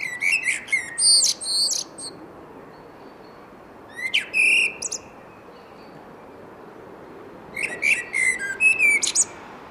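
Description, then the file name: Common blackbird repeating brief phrases of sliding whistles topped by shrill, squeaky twitters, three bursts separated by short silences. "Turdus merula"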